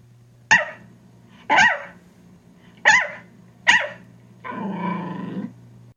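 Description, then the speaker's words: Yorkshire Terrier giving four single sharp barks about a second apart, then a longer rough growl, with a low background hum. Small breed; Yorkies tend to bark more and be more vocal, not too protective. "So on that note, Kathy, let's kind of hear what a Yorkie sounds like."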